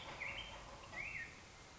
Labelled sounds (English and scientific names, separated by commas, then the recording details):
Black-headed Grosbeak (Pheucticus melanocephalus)
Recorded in Sonoma County, California